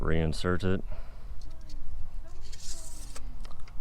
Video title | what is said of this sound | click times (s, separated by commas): Underhood MPI and Belts | all the way until it clicks, | 3.4 s